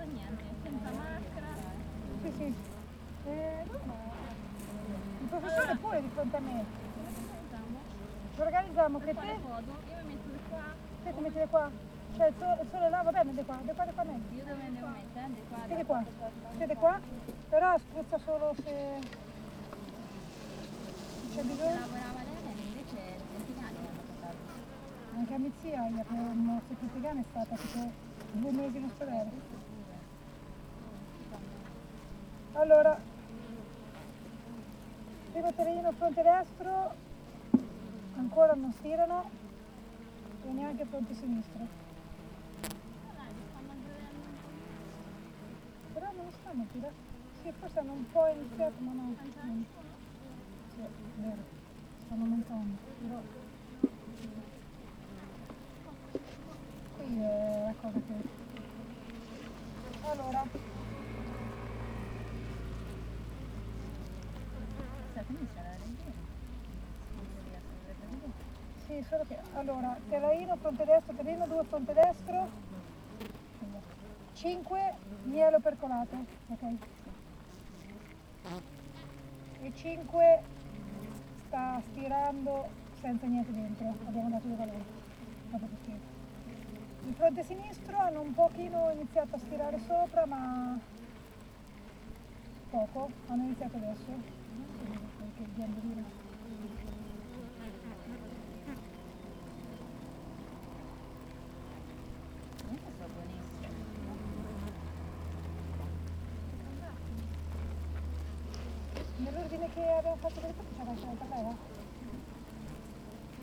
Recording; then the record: honeybee colony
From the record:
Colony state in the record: active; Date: 28 July 2017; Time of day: 7:57